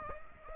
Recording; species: mosquito wingbeat signal from an infrared sensor; Aedes aegypti